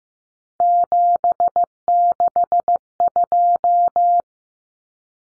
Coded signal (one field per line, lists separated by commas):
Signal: Morse code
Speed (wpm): 15 wpm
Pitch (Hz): 700 Hz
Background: none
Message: 762